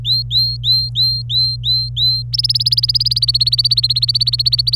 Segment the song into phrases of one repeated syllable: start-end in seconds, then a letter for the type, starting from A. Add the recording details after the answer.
0.05-2.22 A, 2.33-4.76 B. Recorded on 25 April 2018 at 16:33. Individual llb3